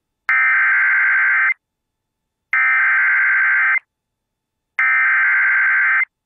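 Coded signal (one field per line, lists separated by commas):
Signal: Emergency Alert System (SAME) tones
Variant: header bursts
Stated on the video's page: Tornado alerts carried by an AM broadcast station.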